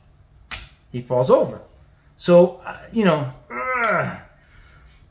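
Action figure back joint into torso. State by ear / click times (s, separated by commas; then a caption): seated / 0.5 s. A plastic action figure's back/waist joint is pushed back into the torso and clicks into place at 0.5 s with a short, sharp snap. The figure then falls over, and someone talks throughout the rest of the clip.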